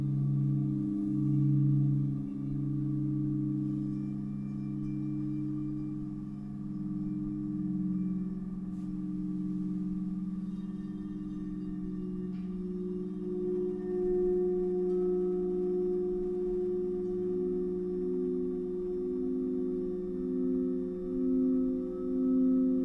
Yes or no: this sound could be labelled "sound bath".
yes